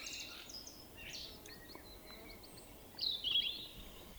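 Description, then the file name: Common blackbird: thin, high squeaky notes scattered through, with a louder sharp squeal near the end over a steady background hiss. "Turdus merula"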